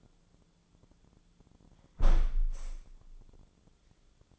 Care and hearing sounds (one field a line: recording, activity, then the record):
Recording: daily activity, microphone in the room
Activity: close window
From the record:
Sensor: 5